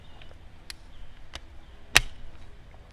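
A large 65 mm steel socket is pushed onto the square drive of a torque wrench during Can-Am Ryker wheel reinstallation. A few faint metallic taps come at about 0.7 and 1.4 seconds, then a loud, sharp metallic click at 2.0 seconds as the detent ball snaps the socket home. The socket is seated.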